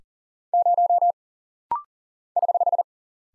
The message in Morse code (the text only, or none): 0 <HH>